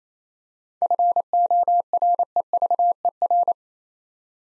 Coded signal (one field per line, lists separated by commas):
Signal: Morse code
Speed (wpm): 27 wpm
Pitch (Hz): 700 Hz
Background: none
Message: FOREVER